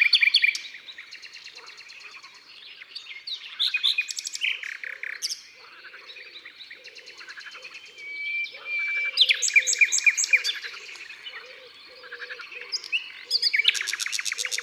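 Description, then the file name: Common nightingale pouring out varied phrases: rapid clicking trills, a long steady whistle, then loud buzzy runs, with soft low notes repeating steadily throughout. Natural concert recorded in the Drôme, France. "Rossignol philomele Concerts Naturels de la Drome Studio les Trois Becs"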